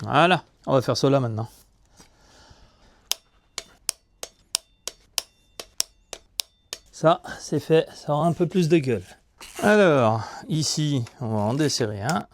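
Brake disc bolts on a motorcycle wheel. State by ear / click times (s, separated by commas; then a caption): torque reached / 3.1 s, 3.9 s, 4.5 s, 5.2 s, 5.8 s, 6.4 s. Brake disc bolts on a Ducati Monster motorcycle wheel, fitted with Brembo Oro discs, are tightened one after another with a torque wrench. Someone talks, then six short, sharp ticking clicks sound at 3.1, 3.9, 4.6, 5.2, 5.8 and 6.4 seconds, each bolt reaching torque in turn. The talking resumes once the bolts are done.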